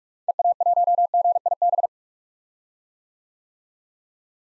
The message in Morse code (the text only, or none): EA1GIB